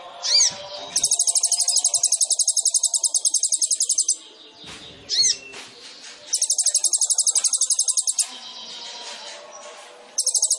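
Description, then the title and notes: Sunbird song: long rapid high trills of evenly spaced notes, broken by brief sweeping whistles and pauses. Indonesian masteran training recording for songbirds; song with fills (isian) and shots (tembakan), described as gacor and suited as a lure (pancingan). "MASTERAN KOLIBRI NINJA FULL ISIAN DAN TEMBAKAN COCOK BUAT PANCINGAN. Suara Burung Kolibri Ninja Gacor"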